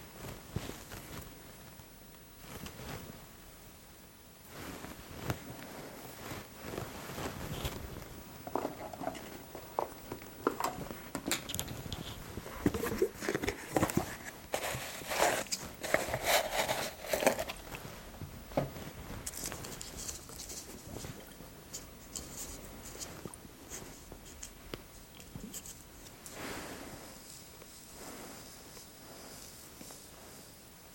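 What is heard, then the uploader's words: Hair brushing and scratching sounds, a steady run of soft, dense rustling strokes with light tapping. Activity builds from about ten seconds, growing louder and busier with bright crackly bursts near fifteen to eighteen seconds, then eases back to quieter brushing toward the end. Real Person Scalp and Skin Check Exam with Light, Magnifier and Brushing. Hair brushing, head scratching, gloves and sensory testing sounds.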